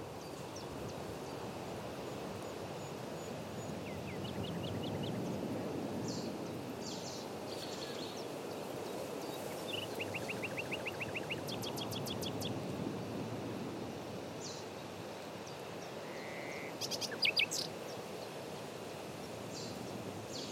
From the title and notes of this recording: The Old Railway Path - Chris Watson. Composer and sound recordist Chris Watson follows the overgrown railway path between Aldeburgh and Saxmundham. Recording an array of elemental, animal and bird sounds. Elemental, animal and bird sounds, including the outpouring of a nightingale.